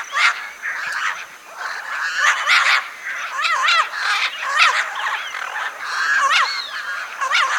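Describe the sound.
Birds calling in a crowded chorus, with wavy warbling notes, squeaky chirps and harsher squawks mixed throughout.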